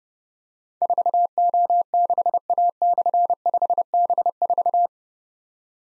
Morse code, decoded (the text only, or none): 4O6A/5B4